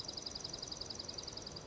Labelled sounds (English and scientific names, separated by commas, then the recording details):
Dark-eyed Junco (Junco hyemalis)
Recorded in Sonoma County, California